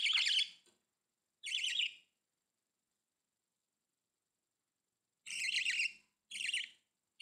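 Budgerigar chirps: two short buzzy warbled notes, a long silence, then two more similar harsh chirps.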